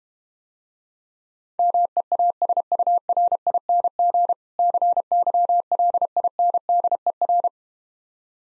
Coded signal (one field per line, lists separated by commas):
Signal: Morse code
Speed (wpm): 32 wpm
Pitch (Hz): 700 Hz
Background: none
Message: MEASURING CYLINDER